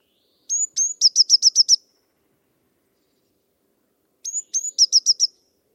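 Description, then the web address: Bird song, clear and loud: two high notes followed by six quick sharp chips, the phrase repeated once after about four seconds in quiet surroundings. "cianscape birddata Deverinetal 2025 Bird Only"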